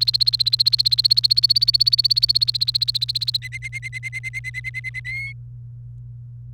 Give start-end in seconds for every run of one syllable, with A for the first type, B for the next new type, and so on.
0.00-3.37 A, 3.42-5.00 B, 5.05-5.33 C